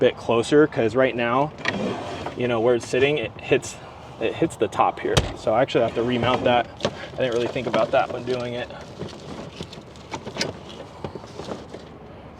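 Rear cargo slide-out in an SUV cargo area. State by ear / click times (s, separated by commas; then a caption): not seated / none. Someone talks while handling a rear cargo slide-out in the cargo area of a 2025 4Runner, a slide-out mounted where it hits the top and needs to be remounted. A few short knocks and rattles come from the handling between about 9.6 and 11.5 seconds. Nothing has seated or clicked yet.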